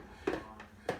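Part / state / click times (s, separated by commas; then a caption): juicer lid onto juicer body / not seated / none. A plastic juicer lid is fitted onto the juicer body, making three short knocks at about 0.3, 0.6 and 0.9 seconds. The lid fails to lock, and nothing has seated or clicked yet.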